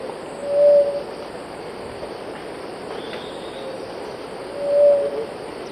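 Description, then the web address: Grey-fronted dove song: two low, soft hooted notes about four seconds apart, with a faint thin whistle from another bird between them over steady background hiss. Song recorded in the eastern lowlands of South America. "Natures Songs S America Eastern Lowlands Leptotila rufaxilla, song"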